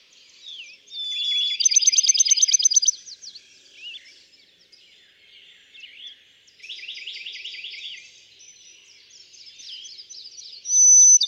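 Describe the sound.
Bachman's sparrow song: a clear, steady whistled note leading into a quick, bright trill, followed by softer trilled phrases and a final high, sustained whistle.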